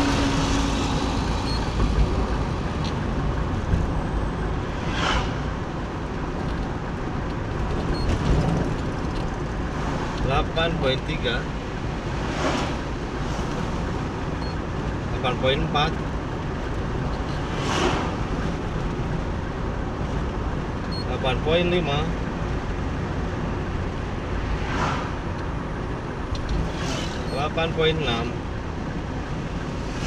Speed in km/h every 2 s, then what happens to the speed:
55, 56, 56, 56, 56, 56, 56, 56, 56, 56, 55, 55, 55, 54, 53.
0-30 steady at about 56.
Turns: none.